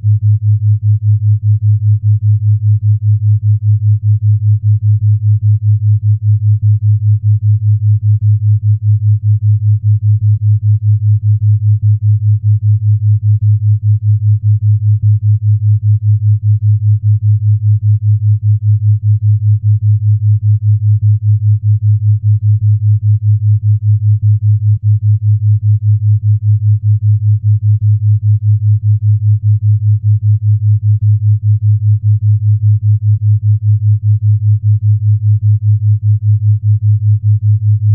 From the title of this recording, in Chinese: 西塔脑波5Hz丨θ频率